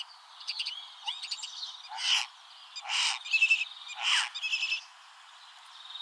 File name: Stare